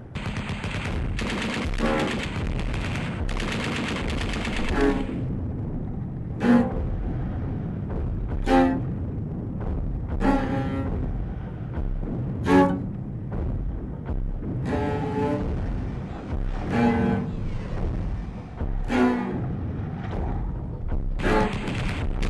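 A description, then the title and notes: Gunfire crackles in bursts over a heavy, constant low rumble. A dense cluster of shots opens the first few seconds, then sharp cracks land roughly every two seconds, some followed by brief rattling volleys, while the deep roar never lets up. The beach, bombs, parachutes, gunfire and a song.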